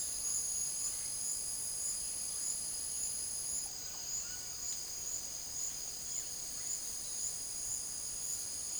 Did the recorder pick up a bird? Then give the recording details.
no. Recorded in secondary vegetation near Puerto Asís, Putumayo, Colombia, on 12 March 2025 at 17:30. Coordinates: 0.489, -76.322. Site G042